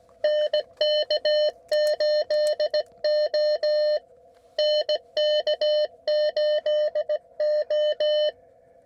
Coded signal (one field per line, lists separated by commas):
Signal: Morse code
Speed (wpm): 17 wpm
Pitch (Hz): 600 Hz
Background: none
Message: NK8O NK8O